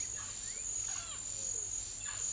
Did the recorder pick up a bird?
yes